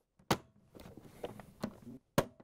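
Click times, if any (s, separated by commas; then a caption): 0.3 s, 2.2 s. A plastic control panel assembly is lined up and pushed into a Samsung refrigerator dispenser during a dispenser switch (3405-001123) install. Loud, sharp snaps ring out at 0.3 s and 2.2 s, with quieter rustling and light taps in between. The assembly locks into place.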